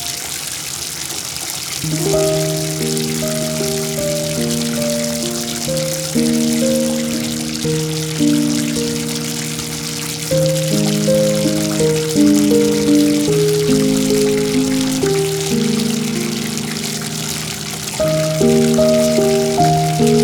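Water pours steadily into a tub, a constant bright hiss running the full length. From about two seconds in, a slow melody of low, sustained notes plays over it, shifting pitch every second or so with a brief pause near ten seconds.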